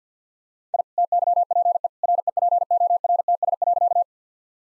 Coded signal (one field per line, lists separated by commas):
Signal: Morse code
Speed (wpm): 48 wpm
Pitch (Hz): 700 Hz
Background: none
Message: I TYPE REPORTS.